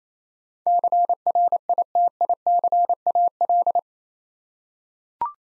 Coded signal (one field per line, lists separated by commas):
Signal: Morse code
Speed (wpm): 28 wpm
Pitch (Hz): 700 Hz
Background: none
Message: CRITICAL